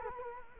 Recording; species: mosquito wingbeat signal from an infrared sensor; Culex quinquefasciatus